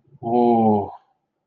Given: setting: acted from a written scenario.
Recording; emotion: vocal sound without words; awe